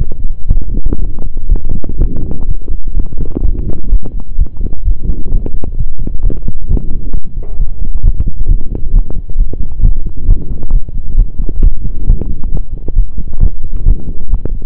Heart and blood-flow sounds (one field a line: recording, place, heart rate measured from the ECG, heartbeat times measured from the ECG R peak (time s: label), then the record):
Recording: heart sounds by stethoscope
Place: between the tricuspid and mitral areas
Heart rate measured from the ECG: 130 bpm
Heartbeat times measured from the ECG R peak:
0.49 s: heartbeat
1.00 s: heartbeat
1.50 s: heartbeat
2.00 s: heartbeat
2.48 s: heartbeat
2.96 s: heartbeat
3.44 s: heartbeat
3.92 s: heartbeat
4.39 s: heartbeat
4.86 s: heartbeat
5.32 s: heartbeat
5.78 s: heartbeat
6.23 s: heartbeat
6.69 s: heartbeat
7.14 s: heartbeat
7.59 s: heartbeat
8.04 s: heartbeat
8.49 s: heartbeat
8.94 s: heartbeat
9.38 s: heartbeat
9.83 s: heartbeat
10.28 s: heartbeat
10.73 s: heartbeat
11.18 s: heartbeat
11.62 s: heartbeat
12.08 s: heartbeat
12.52 s: heartbeat
12.96 s: heartbeat
13.41 s: heartbeat
13.86 s: heartbeat
14.31 s: heartbeat
From the record:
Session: pedaling a stationary bicycle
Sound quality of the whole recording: saturated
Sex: male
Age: 23 years